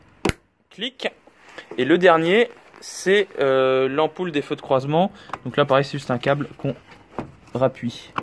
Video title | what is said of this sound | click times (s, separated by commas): [PEUGEOT 206] - Changer Pare-Choc Avant | ça fait clic | 0.3 s